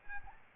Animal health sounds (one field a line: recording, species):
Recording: mosquito wingbeat signal from an infrared sensor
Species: Aedes albopictus